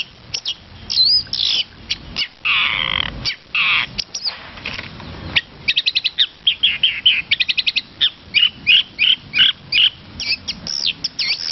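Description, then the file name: Long-tailed shrike song: varied chips, then harsh buzzy notes, then a quick series of repeated clear chips and varied twittering phrases. Song filled with varied imitated phrases (isian variasi). "suara cendet isian variasi"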